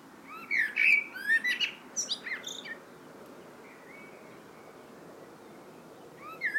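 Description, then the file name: Eurasian blackbird song: a burst of varied whistled and squeaky notes, a quiet stretch, then a brief fluted note at the end. "Turdus merula"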